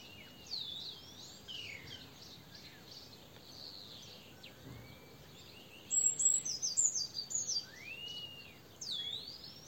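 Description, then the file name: Eurasian blue tit calls: a burst of very high, thin, rapid notes, among other slurred whistles and chirps. "Cyanistes caeruleus"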